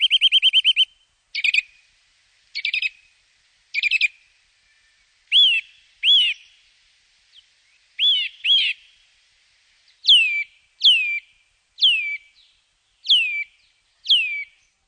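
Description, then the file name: Eurasian nuthatch opening with a fast piping trill, then several sharp call notes, moving into a series of ringing downslurred whistles about a second apart. "kleiber"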